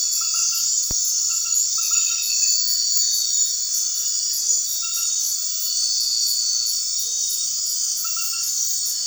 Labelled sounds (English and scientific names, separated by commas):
none